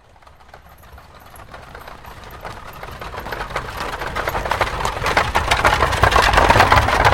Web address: Hollywood Edge Historical Series cd 3 Horses Carriages and Traps 312 Horse Drawn Carriage